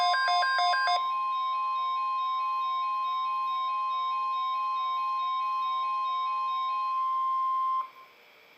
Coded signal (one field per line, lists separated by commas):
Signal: Emergency Alert System (SAME) tones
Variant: 1050 Hz attention tone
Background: music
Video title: EAS Alert #62 - Tornado Watch 6/29/14